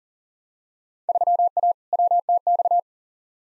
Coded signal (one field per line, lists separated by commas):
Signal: Morse code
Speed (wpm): 38 wpm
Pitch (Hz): 700 Hz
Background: none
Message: 3A WTX